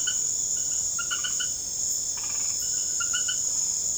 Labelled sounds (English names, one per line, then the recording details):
none
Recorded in secondary vegetation near Puerto Asís, Putumayo, Colombia, on 26 December 2024 at 20:30
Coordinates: 0.489, -76.322
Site G059